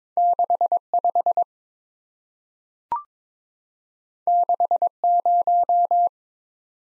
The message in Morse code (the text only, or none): 65 60